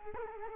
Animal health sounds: mosquito wingbeat signal from an infrared sensor; Culex quinquefasciatus

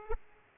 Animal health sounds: mosquito wingbeat signal from an infrared sensor; Aedes aegypti

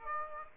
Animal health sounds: mosquito wingbeat signal from an infrared sensor; Aedes aegypti

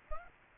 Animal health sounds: mosquito wingbeat signal from an infrared sensor; Aedes aegypti

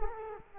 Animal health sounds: mosquito wingbeat signal from an infrared sensor; Culex quinquefasciatus

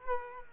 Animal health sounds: mosquito wingbeat signal from an infrared sensor; Culex quinquefasciatus

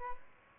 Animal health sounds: mosquito wingbeat signal from an infrared sensor; Aedes albopictus

